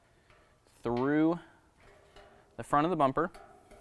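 A factory rubber/plastic parking sensor grommet is being pushed through its hole in a new steel ICI Magnum RT front bumper for a 2017 Ram 1500, meant to lock into place. Someone talks over faint handling noise, with a few soft brief ticks around 0.3 s and 2.2 s. Nothing has seated or clicked yet; the grommet is handled but not yet home.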